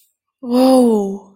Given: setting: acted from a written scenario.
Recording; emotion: vocal sound without words; triumph